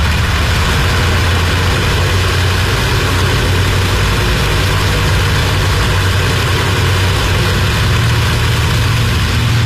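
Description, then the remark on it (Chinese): Heavy bomber aircraft engines drone loudly and steadily, a deep rumbling hum with a broad roar over it, unbroken and with no voices, as the bombers, loaded with fuel and bombs, take off from an aircraft carrier deck on the Doolittle raid against Japan. “装上燃油和炸弹后，笨重的飞机从甲板上摇摇晃晃地起飞了。”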